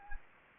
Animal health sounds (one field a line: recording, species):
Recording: mosquito wingbeat signal from an infrared sensor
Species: Anopheles gambiae